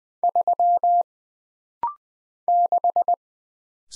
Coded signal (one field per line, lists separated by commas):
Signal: Morse code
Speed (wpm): 20 wpm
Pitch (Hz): 700 Hz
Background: none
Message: 3 6